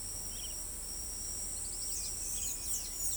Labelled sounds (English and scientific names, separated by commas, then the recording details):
Rufous-browed Peppershrike (Cyclarhis gujanensis), Tropical Kingbird (Tyrannus melancholicus), Blue-gray Tanager (Thraupis episcopus)
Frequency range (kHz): Rufous-browed Peppershrike (Cyclarhis gujanensis) 2.4-3.8 kHz; Tropical Kingbird (Tyrannus melancholicus) 3.7-5.6 kHz
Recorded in pastures near Pivijay, Magdalena, Colombia, on 1 June 2023 at 05:30
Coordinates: 10.456, -74.369
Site P6-G026